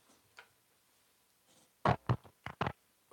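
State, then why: Seated. A 1/4-inch instrument cable plug is pushed into an electric guitar's output jack and seats with a loud click at 1.9 s, made louder by the amplified pickup. Further sharp clicks and thumps follow at about 2.1, 2.5 and 2.7 s, after a few faint ticks earlier in the clip.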